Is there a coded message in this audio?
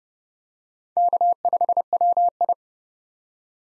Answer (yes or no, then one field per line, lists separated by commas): yes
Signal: Morse code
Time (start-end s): 1.0-2.5 s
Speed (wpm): 31 wpm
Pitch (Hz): 700 Hz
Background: none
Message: K5WI